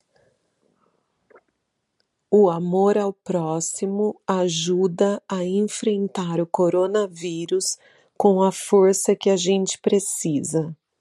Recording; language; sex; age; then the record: spoken sentence; Brazilian Portuguese; female; 40 to 49 years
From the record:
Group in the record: control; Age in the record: 44 years